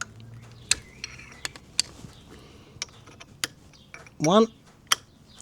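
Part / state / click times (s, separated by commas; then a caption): snap ring onto axle shaft groove / seated / 4.9 s. A steel snap ring is pushed with a punch onto the end of a 4WD Toyota Hilux front axle shaft, giving a series of sharp metallic taps at about 0.7, 1.5, 1.8, 2.8 and 3.4 seconds while someone talks. At 4.9 seconds a crisp click sounds as the snap ring snaps into its groove on the axle shaft, seated perfectly.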